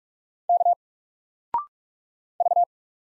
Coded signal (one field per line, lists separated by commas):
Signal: Morse code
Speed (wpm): 44 wpm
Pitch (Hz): 700 Hz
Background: none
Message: K V